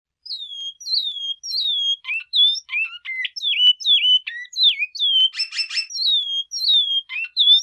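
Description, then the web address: Great-billed seed finch delivering a continuous song of ringing down-slurred whistles at varied pitches, with one raspy trilled passage near the end; no other sounds. Mineirinho song type. "bicudario cantos mineirinho"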